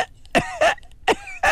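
An adult coughs several times: a little, tiresome cough.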